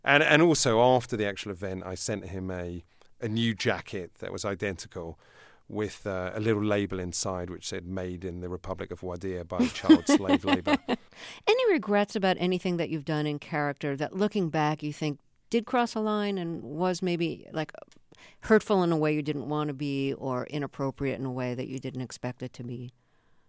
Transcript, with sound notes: And also, after the actual event, I sent him a new jacket that was identical with a little label inside, which said made in the Republic of Widya by child slavery.
(SOUNDBITE OF LAUGHTER)
Any regrets about anything you've done in character that looking back you think did cross the line and was maybe like hurtful in a way you didn't want to be or inappropriate in a way that you did expect it to be?